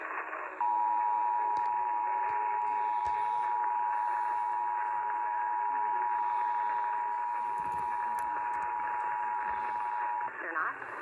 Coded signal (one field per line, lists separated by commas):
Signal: Emergency Alert System (SAME) tones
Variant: 853 and 960 Hz attention tone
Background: speech